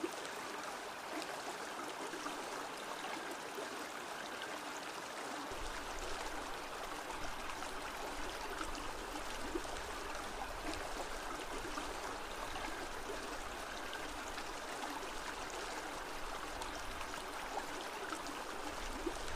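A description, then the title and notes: A mountain river rushes steadily and densely, bright splashing constant throughout, with a low rumble joining in after about five seconds. Calming River Sounds. No Speaking. A simple background of sounds produced by me from a mountain river on Scout Mountain in Idaho.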